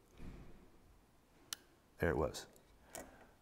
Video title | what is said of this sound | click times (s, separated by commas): Introducing The New, "Non Adjustable" Pyramid Trigger | real tiny little sound says a little click but what that tells me is that i've properly anchored | 1.5 s